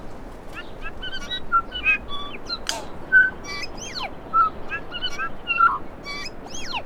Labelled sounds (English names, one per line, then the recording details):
New Zealand Bellbird song
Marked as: Alarmy(short+up), Alarmy(twobitCUV+stutter+beware), Pipe(E[6]+), Alarmy(twobitCUV+hello), Flatsqueak(downhook), Downhook_Flatsqueak(short), Cough(clickCUV), Pipe(F#[6]+), Cheesy, CUVsqueak, Pipe(E[6]), Alarmy(twobitCUV+io), Alarmy(twobitCUV+stutter+rightio), Chortle_Ghh
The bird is a male
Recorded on Cuvier Island, New Zealand, on 4 November 2016
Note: LongSeqRepClicks